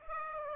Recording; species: mosquito wingbeat signal from an infrared sensor; Aedes aegypti